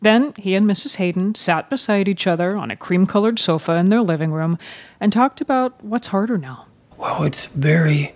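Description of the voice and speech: Fluent, clear adult narration at an even pace, with a brief second voice at the end; normal speech.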